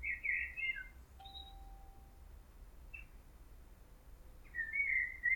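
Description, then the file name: Common blackbird singing mellow fluted phrases at the start and end, with a thin straight whistle and a few soft notes between them. "Turdus merula"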